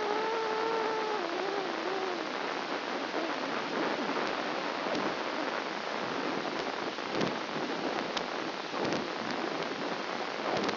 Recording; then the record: brain microelectrode recording played as sound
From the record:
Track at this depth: outside the subthalamic nucleus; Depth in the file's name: 1.006 mm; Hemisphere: right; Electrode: 2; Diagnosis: Parkinson's disease